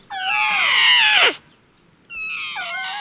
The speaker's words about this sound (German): Oh, ja süß, der kleine Elefant, der schreit sicher nach seiner Mutter. Das klingt gut.